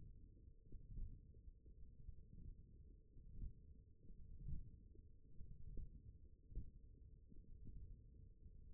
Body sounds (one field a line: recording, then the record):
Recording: forearm muscle sounds (acoustic myography)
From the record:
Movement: finger pinch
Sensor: system 1, eight BSWA MPA416 microphones around the upper forearm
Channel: 1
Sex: male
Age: 21 years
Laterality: right